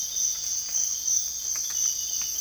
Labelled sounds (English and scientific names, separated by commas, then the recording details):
none
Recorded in dense forest near Puerto Asís, Putumayo, Colombia, on 20 December 2024 at 05:30
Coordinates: 0.484, -76.325
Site G056